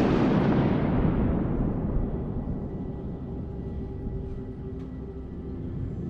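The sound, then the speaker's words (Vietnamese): A loud crack of thunder breaks out and rolls into a long, deep rumble that slowly fades over several seconds, with no voices. “Ngoài trời đang quang đãng mây tạnh thì bỗng dưng mây đen kéo đến mịt mù, sấm chớp nổi lên ầm ầm, xé nát cả bầu trời trong vốn chỉ bao trùm cả ngôi làng nhỏ bé vốn không yên bình.”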